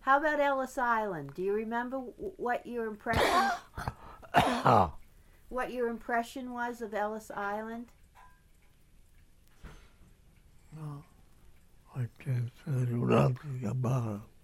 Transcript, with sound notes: How about Ellis Island, do you remember what your impressions (coughs) what your impression was of Ellis Island?
I can't tell you nothing about